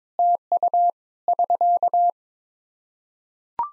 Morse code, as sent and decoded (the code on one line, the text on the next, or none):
- ..- / ...-.-
TU <SK>